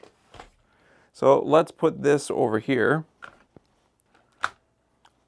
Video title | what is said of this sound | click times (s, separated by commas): Best Monopod for Wildlife Photography? Ifootage Compared | Locked into place. | 4.4 s